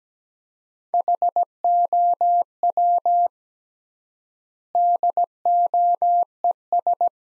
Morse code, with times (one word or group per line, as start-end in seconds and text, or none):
0.9-3.3 HOW
4.8-7.1 DOES